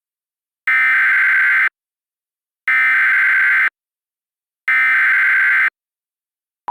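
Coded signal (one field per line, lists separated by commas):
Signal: Emergency Alert System (SAME) tones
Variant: header bursts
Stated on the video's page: Reenactment mock of a flood warning using valid EAS tones.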